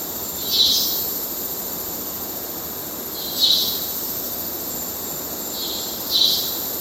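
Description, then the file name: Cicada buzzing, a constant piercing high hum with several short swelling hisses, over a soft low hiss. Amazon rainforest ambience with cicadas and other insects, river in the background. "felix blume nature amazon rainforest ambience cicada insects river in background"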